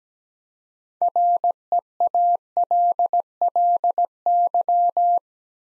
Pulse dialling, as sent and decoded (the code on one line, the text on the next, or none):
none